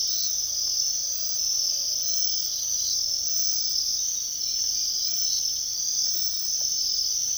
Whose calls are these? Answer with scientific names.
none